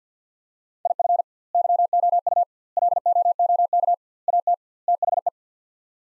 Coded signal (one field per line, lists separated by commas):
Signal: Morse code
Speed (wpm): 48 wpm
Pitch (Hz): 700 Hz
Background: none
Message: IF YOU LOOK AT THE